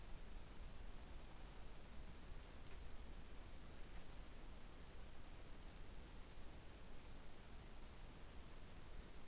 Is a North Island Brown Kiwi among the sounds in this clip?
no